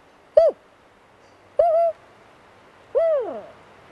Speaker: You broadcast out over a tape recorder or a megaphone the sound of a spotted owl calling, and it sounds something like this.